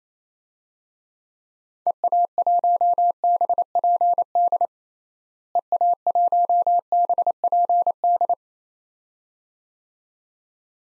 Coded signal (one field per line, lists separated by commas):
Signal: Morse code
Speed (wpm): 27 wpm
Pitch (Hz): 700 Hz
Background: none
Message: EA1BPD EA1BPD